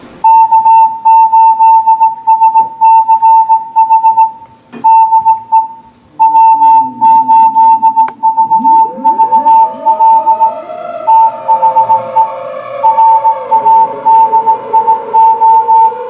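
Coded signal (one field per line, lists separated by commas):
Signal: Morse code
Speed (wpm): 17 wpm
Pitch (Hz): 890 Hz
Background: music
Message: K8SCH DE W8VVL THE RADIO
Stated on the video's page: Morse heard live at an emergency net.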